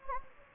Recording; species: mosquito wingbeat signal from an infrared sensor; Anopheles gambiae